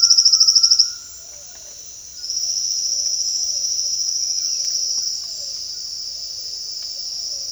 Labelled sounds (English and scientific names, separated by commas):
Trilling Gnatwren (Ramphocaenus melanurus), Undulated Tinamou (Crypturellus undulatus)